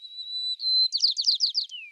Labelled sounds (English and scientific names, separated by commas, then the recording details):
White-crowned Sparrow (Zonotrichia leucophrys) song
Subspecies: nuttalli
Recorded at Commonweal, California, in 2013
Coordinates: 37.913, -122.721
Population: north
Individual prboJ_13